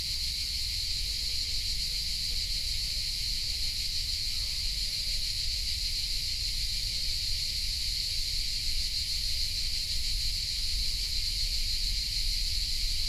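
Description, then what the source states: Crickets trilling in an even, ceaseless high buzz, with a low rumble running underneath. Hundreds of crickets and cicadas in a pine grove in Collserola, in the morning at over 30 °C, in binaural audio.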